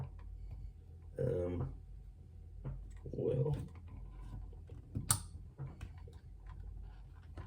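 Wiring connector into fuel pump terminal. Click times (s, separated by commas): 5.1 s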